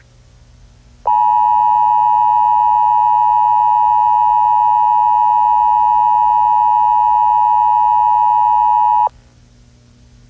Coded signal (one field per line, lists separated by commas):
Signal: Emergency Alert System (SAME) tones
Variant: 853 and 960 Hz attention tone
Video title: WISCONSIN AMBER ALERT EAS 6/11/21 (WKCR EDITION)